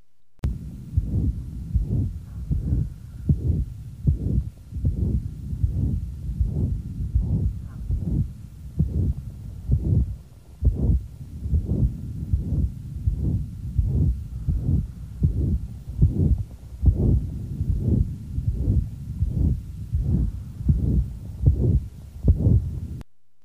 The left upper sternal border. A high frequency, long, mid-systolic murmur that's initiated by a high frequency sound. As the patient breathes in, the high frequency sound initiating the murmur disappears. The ejection sound of pulmonary valve stenosis is the only right-sided event to be diminished by inspiration.